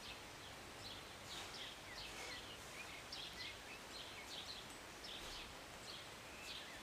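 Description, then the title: Birds chirping, scattered high chirps half covered by a strong hiss of rain. Birds singing and chirping on a rainy Sunday morning, heard from a city balcony; short rain. "Rainy Morning with Birds Chirping"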